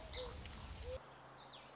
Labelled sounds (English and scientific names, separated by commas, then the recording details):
Song Sparrow (Melospiza melodia)
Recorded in Sonoma County, California